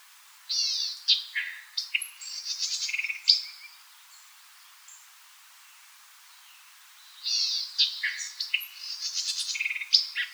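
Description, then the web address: White-eyed vireo song: two bursts of rapid chips, buzzes and whistled notes separated by a few seconds of quiet. Recorded 4 January 2007. "White-eyed Vireo 2007 01 04 White-eyed Vireo"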